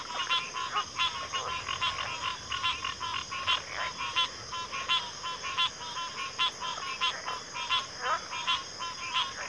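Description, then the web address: Crickets keep up a constant high-pitched trill under a rapid, dense series of clicking, croaking calls, more than one per second. Chorus of crickets at a backwater. "Natures Songs Sleep Sounds of Nature CRICKETS 03 Backwater Chorus"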